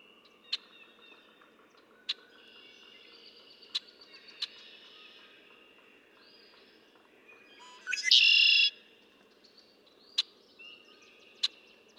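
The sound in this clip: Red-winged blackbird song: one loud buzzy trill midway, amid sharp clicking chips and soft chirps.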